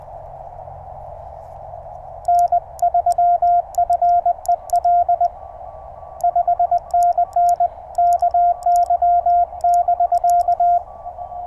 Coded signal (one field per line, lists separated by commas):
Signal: Morse code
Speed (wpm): 20 wpm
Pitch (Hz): 690 Hz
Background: radio noise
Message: N3FEL 5NN KY<BK>